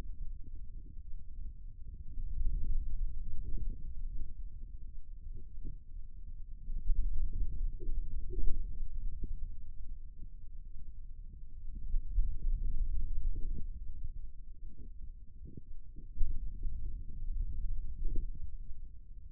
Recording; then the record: forearm muscle sounds (acoustic myography)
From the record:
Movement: finger pinch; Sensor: system 2, bracelet of six BSWA MPA416 microphones around the upper forearm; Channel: 3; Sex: male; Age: 22 years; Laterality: right